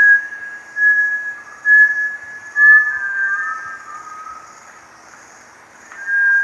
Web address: sound Bartlett's-tinamou. صدای-پرنده-وشم-بارتلت